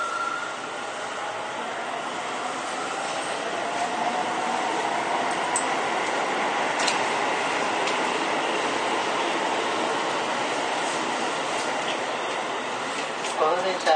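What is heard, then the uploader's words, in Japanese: A Toei 10-300 series train rolling along, a steady, dense rushing roar holding level throughout. A thin tone sits over it at the start and fades; brief clicks and knocks come around the middle, and a rising whine enters in the last second. 都営10-300形(3次車) 新線新宿〜高尾山口。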